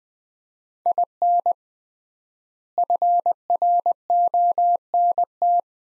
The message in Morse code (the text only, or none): IN FRONT